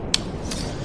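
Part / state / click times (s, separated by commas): audio adapter plug into a sound card jack / seated / 0.1 s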